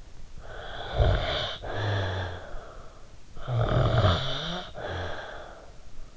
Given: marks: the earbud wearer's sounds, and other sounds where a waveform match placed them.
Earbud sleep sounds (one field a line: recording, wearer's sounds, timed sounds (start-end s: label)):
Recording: sounds in sleep by an in-ear microphone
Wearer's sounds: breath, snoring breath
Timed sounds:
0.18-3.07 s: breath
3.26-5.99 s: snoring breath